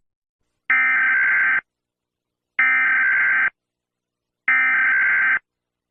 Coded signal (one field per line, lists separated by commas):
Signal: Emergency Alert System (SAME) tones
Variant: header bursts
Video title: EAS alert: the sun has fallen